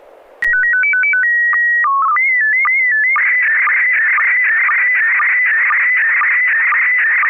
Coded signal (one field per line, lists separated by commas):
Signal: SSTV (slow-scan television)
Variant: PD 120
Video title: N6NA SSTV Net - 09/28/2022